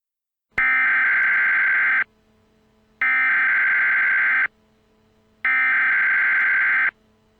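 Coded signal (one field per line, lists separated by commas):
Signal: Emergency Alert System (SAME) tones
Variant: header bursts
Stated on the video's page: Fictional EAS scenario about the devil's hour becoming a disaster, a simulated alert.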